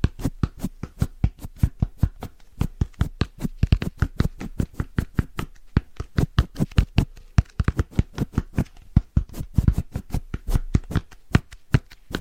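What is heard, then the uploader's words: Fast, rhythmic tapping runs through the whole twelve seconds: crisp clicks with a low thump, coming several times a second in uneven bursts. A soft brushing hiss fills the gaps between taps, and a few louder strikes stand out. ASMR Rhythmic Fast Tapping & Brushing Layered Sounds No Talking.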